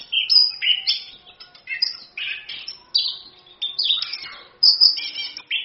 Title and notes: ANIS KEMBANG GACOR, ANIS KEMBANG NGEROL, PANCINGAN ANIS KEMBANG BIAR BUNYI. Masteran Anis Kembang